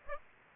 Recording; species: mosquito wingbeat signal from an infrared sensor; Aedes aegypti